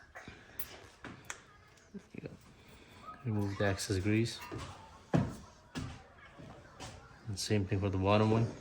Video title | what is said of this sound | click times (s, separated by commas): How To - Install New Front Brake Pads and Rotors - 2016-2021 Honda Civic - DIY | push it in until it clicks. | 1.3 s